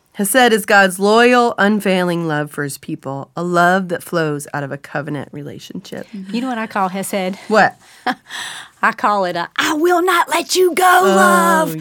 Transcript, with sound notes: Hesed is God’s loyal unfailing love for His people, a love that flows out of covenant relationship.
Do you know what I call hesed? I call it a, [she shouts] “I will not let you go!” love.